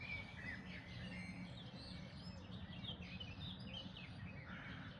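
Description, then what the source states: Mixed birdsong from a dawn chorus: scattered chirps, trilled notes and brief whistled phrases overlapping, with continuous low-pitched background rumble throughout. Dawn chorus recorded on 1 May 2026.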